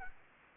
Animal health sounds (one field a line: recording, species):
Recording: mosquito wingbeat signal from an infrared sensor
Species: Aedes aegypti